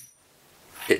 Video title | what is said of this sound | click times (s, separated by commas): Mystery Rivett 608 parcel, is it the Traverse Milling attachment? | when i put this in it drops down with a satisfying click | 0.9 s